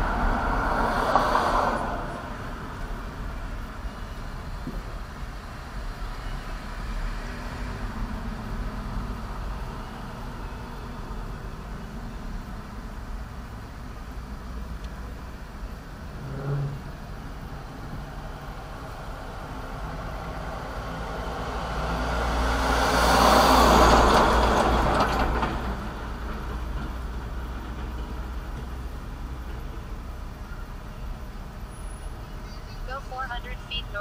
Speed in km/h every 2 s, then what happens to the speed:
21, 11, 6, 10, 10, 8, 6, 5, 0, 0, 0, 0, 0, 0, 0, 0, 0.
0-3 brakes to 6. 3-8 steady at about 10. 8-16 slows to 0. 16-34 standing.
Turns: none.